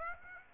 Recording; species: mosquito wingbeat signal from an infrared sensor; Aedes aegypti